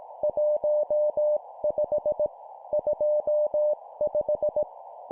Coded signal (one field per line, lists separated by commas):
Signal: Morse code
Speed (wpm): 18 wpm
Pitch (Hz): 600 Hz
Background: none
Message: 15 25